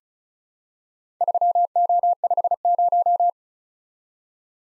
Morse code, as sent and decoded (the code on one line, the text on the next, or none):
...-- --- ..... -----
3O50